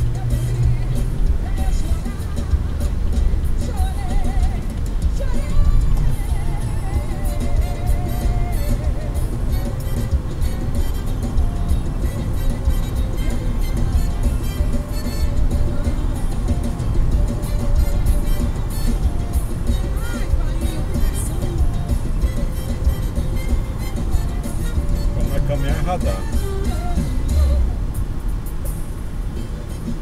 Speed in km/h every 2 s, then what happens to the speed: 83, 89, 91, 99, 103, 106, 109, 111, 113, 110, 110, 106, 99, 91, 85.
0-16 speeds up to 113. 16-30 slows to 85.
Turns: none.